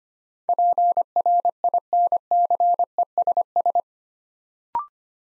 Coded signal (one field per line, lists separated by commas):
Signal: Morse code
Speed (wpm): 25 wpm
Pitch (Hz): 700 Hz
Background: none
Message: PRINCESS